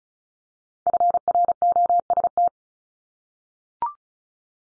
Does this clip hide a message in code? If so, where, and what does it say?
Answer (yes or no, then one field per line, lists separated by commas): yes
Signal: Morse code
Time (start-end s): 0.9-2.5 s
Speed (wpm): 36 wpm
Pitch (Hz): 700 Hz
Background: none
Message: FROST